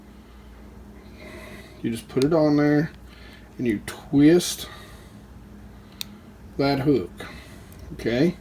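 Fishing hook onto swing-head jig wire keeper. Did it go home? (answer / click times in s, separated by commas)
no / none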